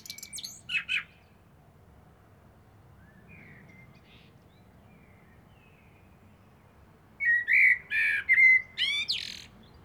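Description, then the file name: Eurasian blackbird song: brief high squeaky notes open, then after a long silence a mellow fluted phrase breaks into high, scratchy twittering near the end. "Turdus merula"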